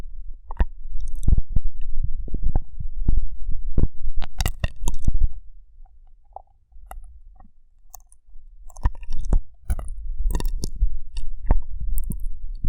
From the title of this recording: Rough Brain Cleaning and Picking